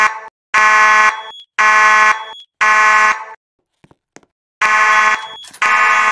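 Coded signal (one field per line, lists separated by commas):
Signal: alarm pattern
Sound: buzzy horn blasts in threes, about half a second each, pause, repeating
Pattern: temporal three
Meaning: Temporal-three fire alarm signal calling for building evacuation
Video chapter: Code 3 / Temporal 3 3:37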